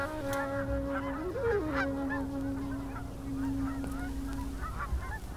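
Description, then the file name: Snow goose: snow geese calling: a flock's chorus of short nasal honks overlapping throughout, over a steady low droning tone. Recorded in January. "Nature A 201701 January Snow Geese"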